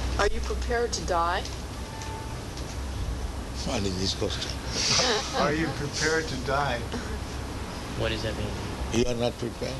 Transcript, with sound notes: Are you prepared to die?
What is this question? [laughter]
Are you prepared to die?
What does that mean?
You are not prepared?